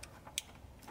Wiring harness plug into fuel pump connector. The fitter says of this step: heard it snap so